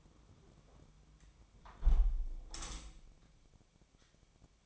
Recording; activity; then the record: daily activity, microphone in the room; close window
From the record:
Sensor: 1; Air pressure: 1006.6 hPa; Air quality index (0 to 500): 209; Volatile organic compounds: 24 ppm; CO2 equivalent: 2815 ppm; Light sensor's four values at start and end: 13/32/13/14 and 12/30/12/13